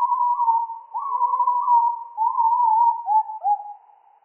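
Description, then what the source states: Firecrest song, slowed down: a near-continuous run of low whistled notes with short upward slides, ending in a few brief notes before fading. Song slowed down three octaves.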